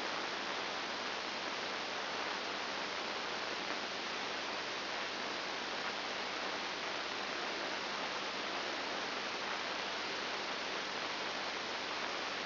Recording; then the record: brain microelectrode recording played as sound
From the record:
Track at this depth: inside the subthalamic nucleus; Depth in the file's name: 3.702 mm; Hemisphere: left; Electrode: 2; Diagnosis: Parkinson's disease